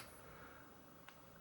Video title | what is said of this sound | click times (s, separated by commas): Whats in My Make Up Bag? 2015 | it comes in a nice shiny packaging it's got a satisfying click | 1.1 s